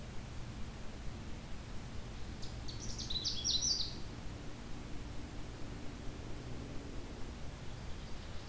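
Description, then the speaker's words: Canada warbler song, one fast jumbled phrase of sharp high notes, with a faint low steady hum and background rumble. On territory in late June, along a trail through a swamp with aspen, birch and cedars. "Since it is late June, I can guarantee this is on territory."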